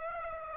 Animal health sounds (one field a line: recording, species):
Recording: mosquito wingbeat signal from an infrared sensor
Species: Aedes aegypti